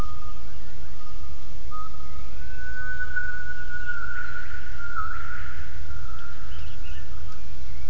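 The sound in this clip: Gibbon calls: a long, level whistled tone that rises slightly in pitch, then brief swelling notes in the second half, over a low background rumble.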